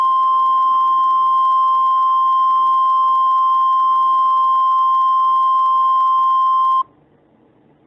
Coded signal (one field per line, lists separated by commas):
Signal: Emergency Alert System (SAME) tones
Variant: 1050 Hz attention tone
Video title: EAS Scenario: A Drunkin Rampage in Quahog, RI (Family Guy Edition)